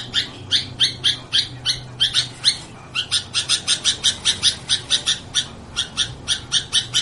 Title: Suara Burung Kutilang